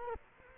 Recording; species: mosquito wingbeat signal from an infrared sensor; Culex quinquefasciatus